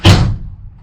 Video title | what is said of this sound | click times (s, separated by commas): 2020 Rockwood Signature Ultra Lite 8329SB Full Walkthrough | this is going to pull over so snap into place you just pull out with your thumb | 0.1 s